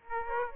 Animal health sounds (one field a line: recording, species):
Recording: mosquito wingbeat signal from an infrared sensor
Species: Aedes aegypti